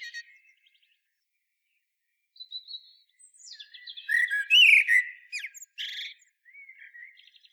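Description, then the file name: Common blackbird song: a quiet opening, then a rich fluted warble near the middle ending in a burst of high, scratchy twittering, with soft squeaky notes trailing after. "Turdus merula"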